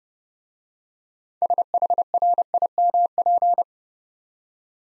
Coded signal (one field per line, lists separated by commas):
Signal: Morse code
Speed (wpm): 30 wpm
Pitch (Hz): 700 Hz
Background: none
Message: SHRIMP